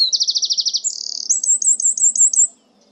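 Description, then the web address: Bird song: a fast run of repeated high buzzy notes, then a sliding whistle and a series of evenly spaced high chirps. "cianscape birddata Deverinetal 2025"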